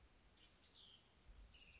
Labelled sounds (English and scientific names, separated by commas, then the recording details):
House Wren (Troglodytes aedon)
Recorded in Sonoma County, California